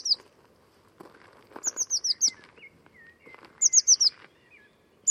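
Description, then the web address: Bird giving rapid runs of high, descending notes, with lower whistled slurs between them and some background rustling. Bird sounds only, class labelled Cy Ca. "cianscape birddata Deverinetal 2025 Bird Only Cy Ca"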